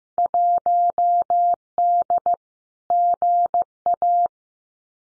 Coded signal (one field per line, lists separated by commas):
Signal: Morse code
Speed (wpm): 15 wpm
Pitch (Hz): 700 Hz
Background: none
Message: 1D GA